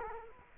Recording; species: mosquito wingbeat signal from an infrared sensor; Culex quinquefasciatus